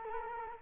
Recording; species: mosquito wingbeat signal from an infrared sensor; Culex quinquefasciatus